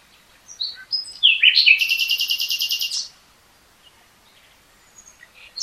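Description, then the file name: Common nightingale song: a few whistled notes leading into a rapid, buzzy trill of repeated notes, then quiet. "Luscinia megarhynchos"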